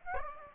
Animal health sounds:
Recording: mosquito wingbeat signal from an infrared sensor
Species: Aedes aegypti

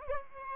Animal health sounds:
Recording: mosquito wingbeat signal from an infrared sensor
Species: Aedes albopictus

